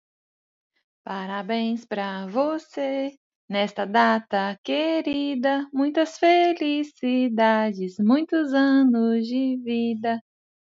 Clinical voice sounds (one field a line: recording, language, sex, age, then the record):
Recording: short text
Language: Brazilian Portuguese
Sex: female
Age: 30 to 39 years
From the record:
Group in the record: control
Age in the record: 34 years